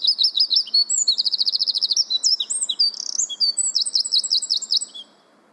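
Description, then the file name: Eurasian wren pouring out a long, loud, high song of rapid trills, rattles and repeated looping whistles, running several seconds without pause before ending sharply. "Troglodytes troglodytes"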